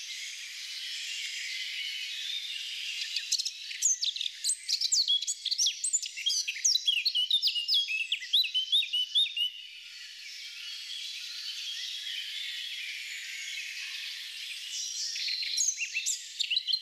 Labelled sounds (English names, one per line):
Eurasian Blackcap song